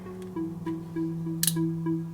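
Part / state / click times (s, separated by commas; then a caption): spring-loaded locking pin of a safe keypad face engaging the keypad base / seated / 1.5 s. The spring-loaded anti-tamper locking pin of a safe keypad face snaps into its recess in the mounted keypad base as the face is rotated on as the final step, a pin required by the EN 1300 standard to show evidence of tampering. A steady tonal background of repeating low notes plays throughout, and one sharp, bright click stands out at 1.5 s. The pin is seated and the face is locked in place.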